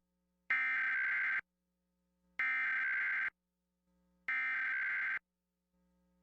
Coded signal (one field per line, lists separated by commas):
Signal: Emergency Alert System (SAME) tones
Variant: header bursts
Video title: U.S National Periodic EAS Test Oct 2023